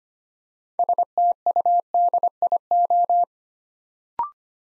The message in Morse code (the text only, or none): STUDIO